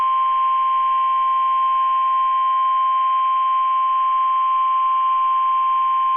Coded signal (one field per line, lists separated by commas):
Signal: Emergency Alert System (SAME) tones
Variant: 1050 Hz attention tone